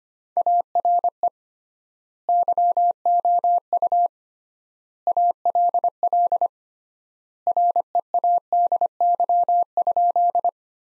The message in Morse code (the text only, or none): ARE YOU ALL READY?